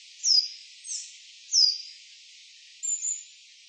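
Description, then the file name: Coal tit calling with sharp, high, downslurred notes given singly or in pairs, four bursts in under four seconds, over a steady faint hiss. Recorded in Utsunomiya, Japan, on 12 January 2010. "higara utsunomiya hirano"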